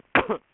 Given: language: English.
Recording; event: throat vibration sensor signal played as sound; cough